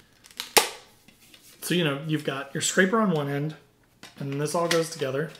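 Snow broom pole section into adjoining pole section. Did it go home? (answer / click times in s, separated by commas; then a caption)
yes / 0.6 s. A Joytutus foldable snow broom with an ice scraper is assembled by pushing in the spring button and joining one telescoping plastic/aluminium pole section into the adjoining section. A few small clicks around 0.3 and 0.4 s lead to a sharp loud snap at 0.6 s as the section seats and locks in place. Someone then talks.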